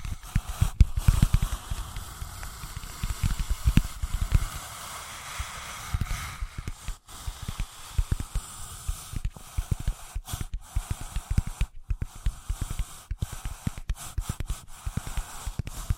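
Soft tapping and scratching against a faint hiss, busiest in the first six seconds with quick, dense clicks. After that the taps thin into scattered bursts and brief silent gaps, with light tracing sounds running between them.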